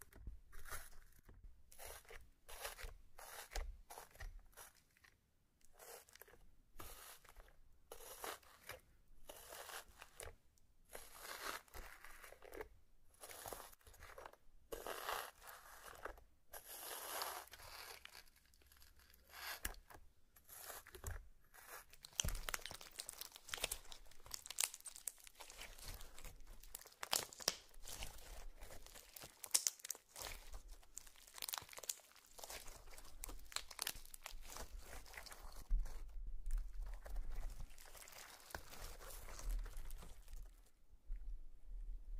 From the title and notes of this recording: Slime Sounds Crayon Sounds + Tapping. Some various mixed sounds.